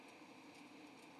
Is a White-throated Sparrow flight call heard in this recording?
no